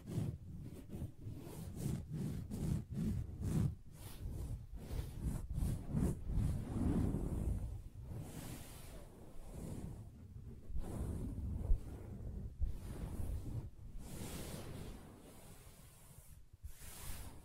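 Fingers tap and scratch across a soft fabric surface, producing muffled thumps and dull rustling scrapes. The first seven seconds are dense with quick, low taps, then the sounds thin into sparser scratches and brushes with short pauses, ending in a few crisp strokes.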